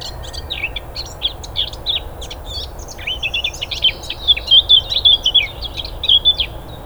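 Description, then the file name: Eurasian blackcap song: a jumbled, scratchy warble in the first half giving way to louder, fluty whistled notes that run on to the end, with low steady rumble behind. "Sylvia atricapilla"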